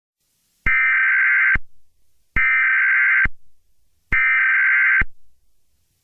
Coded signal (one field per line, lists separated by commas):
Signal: Emergency Alert System (SAME) tones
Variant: header bursts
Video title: EAS Scenario #65: Attack of The Killer Scorpions